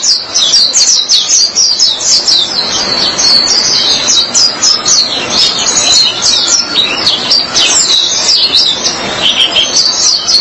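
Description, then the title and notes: White-eye song, a rapid continuous stream of high thin twittering notes, sweeping up and down without pause, over faint background hiss. Chirping song. "Suara kicauan burung pleci"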